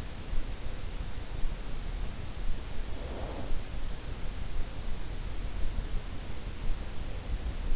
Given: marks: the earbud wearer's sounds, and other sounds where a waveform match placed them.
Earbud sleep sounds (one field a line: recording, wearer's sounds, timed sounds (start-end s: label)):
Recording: sounds in sleep by an in-ear microphone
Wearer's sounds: snoring breath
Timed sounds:
2.74-3.54 s: snoring breath